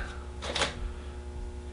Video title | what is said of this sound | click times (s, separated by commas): Nova Infinity Quick Change Chuck System | slide it in it's locked | 0.6 s